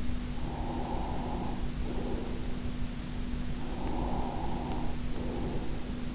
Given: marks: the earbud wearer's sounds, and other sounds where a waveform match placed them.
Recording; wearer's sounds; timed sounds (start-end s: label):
sounds in sleep by an in-ear microphone; breath
0.36-2.60 s: breath
3.44-5.99 s: breath